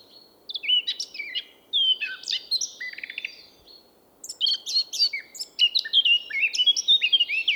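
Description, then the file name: Eurasian blackcap song in two bursts, each a jumble of quick warbling notes with bright fluty whistles. "Sylvia atricapilla"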